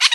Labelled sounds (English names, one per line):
Brown-throated Parakeet contact call